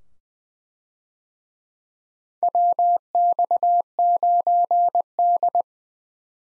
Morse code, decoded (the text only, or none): WX9D